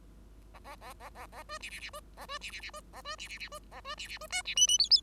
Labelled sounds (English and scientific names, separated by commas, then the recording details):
Bengalese Finch (Lonchura striata domestica) song
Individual Bird5